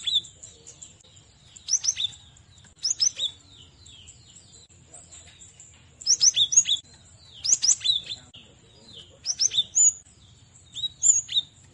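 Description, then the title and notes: Cinereous tit song, bursts of quick high slurred chirps and sharp downswept notes, over a faint steady high tone and low hum. Masteran training recording for songbirds. "Masteran Gelatik Batu 1. burung gelatik"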